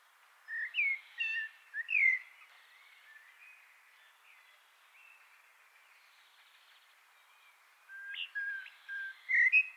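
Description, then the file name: Common blackbird singing: a short series of mellow whistled notes, a quieter stretch with faint notes, then another fluted phrase at the end. "Turdus merula"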